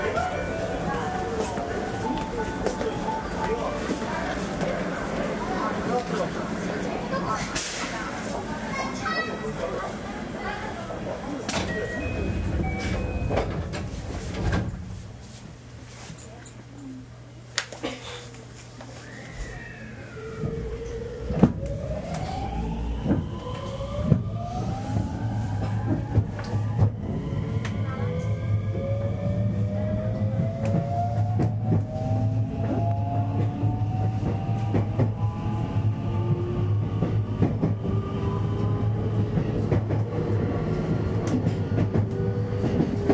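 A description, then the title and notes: A 223 series train on the Osaka Loop Line running, with a dense low rumble and rattling wheels for the first fifteen seconds. It eases to a quieter hum, then from about twenty seconds the motor whine rises steadily in pitch as the train accelerates, under scattered clicks. JR西日本223系 環状線外回り 関空・紀州路快速 天王寺から大阪まで. 西日本旅客鉄道（JR西日本）223系電車の走行音です。 大阪環状線の外回り、関空・紀州路快速で録音しました。 Running sound of a 223 series train. Osaka Loop Line 's Outer Rapid Train.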